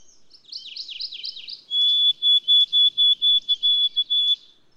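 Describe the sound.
White-throated sparrow song: a brief run of quick slurred, zigzag notes, then a steady high whistle broken into many evenly repeated segments on one pitch.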